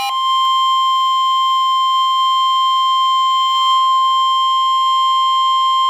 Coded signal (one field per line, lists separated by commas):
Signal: Emergency Alert System (SAME) tones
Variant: 1050 Hz attention tone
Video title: Severe Thunderstorm Warning for the DMV [EAS 189] | NOAA Weather Radio (6/1/2012)